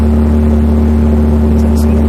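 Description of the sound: Steady low droning hum with fixed tones, a simulated tinnitus sound played through a power amplifier and loudspeaker.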